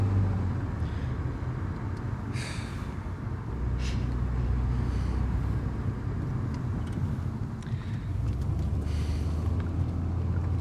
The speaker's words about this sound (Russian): Едут в машине.